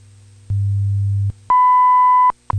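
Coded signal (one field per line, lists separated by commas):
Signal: radio time signal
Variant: WWV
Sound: a low hum for under a second, a brief pause, then a clear 0.8-second high beep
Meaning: The 1 kHz tone marks the start of a new minute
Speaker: at the tone 23 hours eight minutes coordinated universal time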